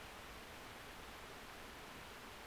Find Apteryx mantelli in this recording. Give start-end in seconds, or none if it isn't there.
none